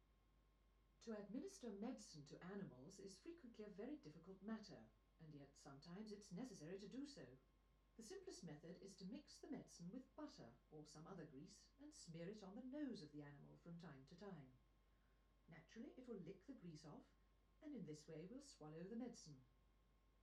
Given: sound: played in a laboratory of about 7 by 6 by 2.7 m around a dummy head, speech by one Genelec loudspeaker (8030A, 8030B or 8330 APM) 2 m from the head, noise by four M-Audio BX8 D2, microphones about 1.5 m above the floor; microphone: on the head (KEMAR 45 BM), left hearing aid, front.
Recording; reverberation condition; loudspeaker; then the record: female speech in English; low; 120 degrees to the right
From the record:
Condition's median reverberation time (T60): about 310 ms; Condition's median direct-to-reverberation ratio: about 3.5 dB